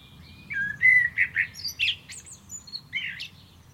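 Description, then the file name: Common blackbird song, a warbled fluty opening followed by jumbled high squeaks and twittering notes. "Turdus merula"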